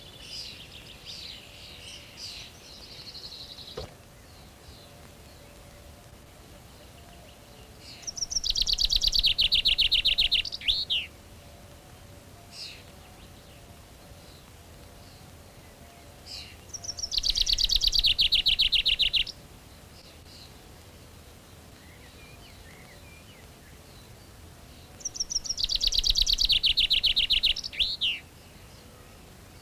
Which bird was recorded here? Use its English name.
Common Chaffinch